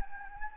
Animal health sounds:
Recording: mosquito wingbeat signal from an infrared sensor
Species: Anopheles gambiae

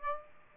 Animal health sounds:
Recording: mosquito wingbeat signal from an infrared sensor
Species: Aedes aegypti

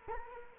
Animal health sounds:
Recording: mosquito wingbeat signal from an infrared sensor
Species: Culex quinquefasciatus

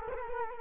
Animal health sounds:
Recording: mosquito wingbeat signal from an infrared sensor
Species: Culex quinquefasciatus

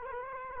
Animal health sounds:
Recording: mosquito wingbeat signal from an infrared sensor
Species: Culex quinquefasciatus

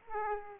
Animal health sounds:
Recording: mosquito wingbeat signal from an infrared sensor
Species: Aedes aegypti

